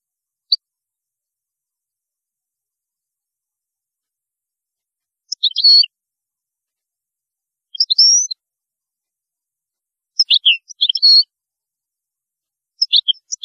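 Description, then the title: European goldfinch song: brief high twittering bursts of tinkling notes, arriving roughly every two to three seconds after a quiet opening. "Chant Chardonneret"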